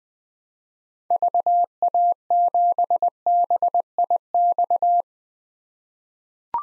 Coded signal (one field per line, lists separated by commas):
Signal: Morse code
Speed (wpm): 20 wpm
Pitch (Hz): 700 Hz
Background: none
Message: VA7BIX